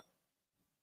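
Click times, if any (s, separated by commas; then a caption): 0.0 s. A screwdriver bit is pushed into the ball-detent bit holder of a knife handle and clicks at 0.0 s, locking in place. The sharp click is followed by a faint, quiet tail, and the bit is seated.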